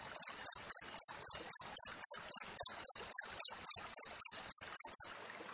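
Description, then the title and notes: Cricket chirps, high and evenly spaced at about four per second, stopping abruptly shortly before the end, leaving near silence. Wild cricket with clear, closely spaced chirps, used as tutor audio for training songbirds and to repel rats. "Masteran Jangkrik Alam Jernih, Jeda Rapat Cocok Untuk Masteran Burung Dan Mengusir Tikus. suara jangkrik"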